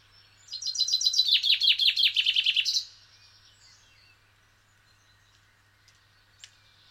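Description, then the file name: Common chaffinch song, a rapid run of sharp repeated notes descending in pitch and finishing with a brief flourish, then quiet with one faint click. "Fringilla coelebs"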